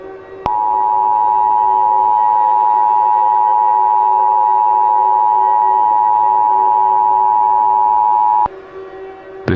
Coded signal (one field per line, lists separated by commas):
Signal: Emergency Alert System (SAME) tones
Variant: 853 and 960 Hz attention tone